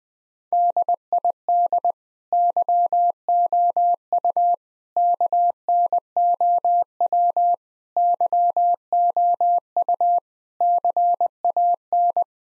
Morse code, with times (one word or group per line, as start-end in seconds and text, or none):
0.5-1.9 DID
2.3-4.5 YOU
5.0-7.5 KNOW
8.0-10.2 YOU
10.6-12.2 CAN